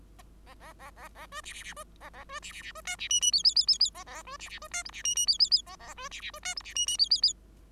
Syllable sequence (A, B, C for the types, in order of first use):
A A A A A B C C C B A A B C C C B D C E E F F F F F A A B C C B D G C E E F F F A A B C C B D G C E E F F F